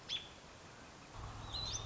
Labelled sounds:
American Robin (Turdus migratorius)
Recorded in Sonoma County, California

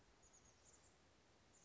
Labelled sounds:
Chestnut-backed Chickadee (Poecile rufescens)
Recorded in Sonoma County, California

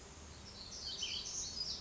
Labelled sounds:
Black-throated Gray Warbler (Setophaga nigrescens)
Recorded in Sonoma County, California

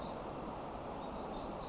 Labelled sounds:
Pacific Wren (Troglodytes pacificus)
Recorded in Sonoma County, California

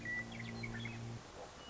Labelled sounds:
Western Meadowlark (Sturnella neglecta)
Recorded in Sonoma County, California

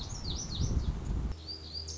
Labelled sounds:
Lazuli Bunting (Passerina amoena)
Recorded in Sonoma County, California

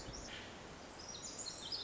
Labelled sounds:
Pacific Wren (Troglodytes pacificus)
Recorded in Sonoma County, California

